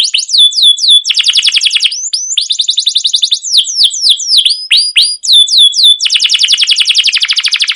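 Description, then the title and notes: Canary song, a continuous fast chatter of descending chirps alternating with dense rolling trills, high-pitched and loud throughout. Canary song used as a lure (pancingan) to train other canaries to sing long, continuous song (gacor, ngerol); described as chirping 'cuit cuit'. "CUIT CUIT NGEROL LANGSUNG GACOR PANJANG Kenari Ini AMPUH Utk Pancingan KENAR. burung kenari"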